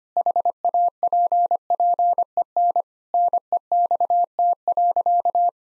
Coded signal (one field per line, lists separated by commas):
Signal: Morse code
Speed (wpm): 25 wpm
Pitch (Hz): 700 Hz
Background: none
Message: HAPPEN NEXT.